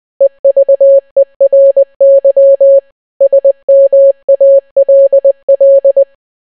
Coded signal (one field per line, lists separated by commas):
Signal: Morse code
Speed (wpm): 20 wpm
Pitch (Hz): 550 Hz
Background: none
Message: EVERY SMALL